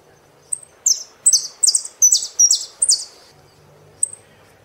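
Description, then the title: Saffron finch song: a quick string of several loud, sharp, downslurred high notes, ending with one thin chirp. "Jilguero Argentino"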